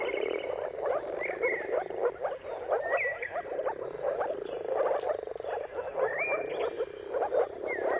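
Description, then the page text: Moor frogs in full chorus, overlapping soft low croaks. Several rising, whistled bird notes cut through. Mating calls of a moor frog chorus at sunrise, heard at the turn of March and April depending on the weather. "Jakub-Orzecki moor frogs. Dawn’s Chorus: Mating Calls of Marsh Frogs at Sunrise - wp.earth.fm. Depending on the weather at the turn of March and April, you can witness an amazing spectacle of moor frogs"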